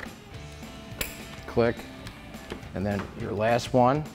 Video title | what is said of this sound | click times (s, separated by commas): 2014-2021 Tundra LED Tail Lights; Smoked Review & Install | wanna hear that click each time. Click and | 1.0 s